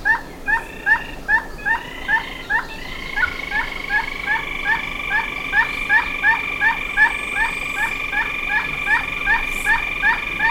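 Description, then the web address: Bird calls, short clipped notes repeated about two to three times per second, joined after a few seconds by a sustained, steady whistled tone. "BIRD SABIOD 50 bird 2015"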